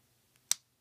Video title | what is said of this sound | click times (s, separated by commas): Transformers Rescue Bots Chase and Boulder Dinobot Review | and then it'll snap into place on this uh in this mode as well | 0.5 s